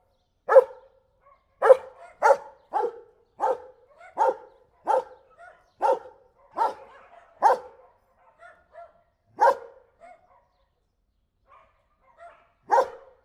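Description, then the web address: German Shepherd barking, a run of about twelve sharp, clear barks mostly spaced under a second apart, with soft yelps between them and a longer pause near the end. Friendly barking of a house guard dog at a dog show, recorded in 2014 in Perkupa. "hazorzo 2014 baratsagosugatas nemetjuhasz perkupa"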